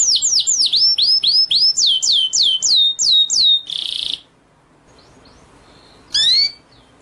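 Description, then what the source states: White-rumped shama song: a quick series of clear, downslurred whistles, then a short buzzy note, a pause, and one more whistled note. Masteran (training) track of white-rumped shama song in full 'ngerol' (rolling) and 'nembak' (shooting) style.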